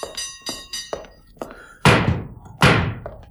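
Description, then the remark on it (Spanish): Someone knocks on a door: four lighter, evenly spaced raps followed by two heavy, booming pounds that ring out, then one faint final tap, with no voices. “Alguien llama.”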